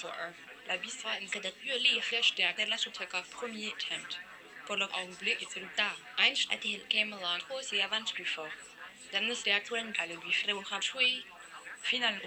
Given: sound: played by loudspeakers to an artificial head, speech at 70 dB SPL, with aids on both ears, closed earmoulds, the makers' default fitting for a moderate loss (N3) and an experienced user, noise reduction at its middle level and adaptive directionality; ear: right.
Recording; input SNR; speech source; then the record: speech test signal (ISTS) in cocktail-party noise; 0 dB; in front (0 degrees)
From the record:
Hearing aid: class 1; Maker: I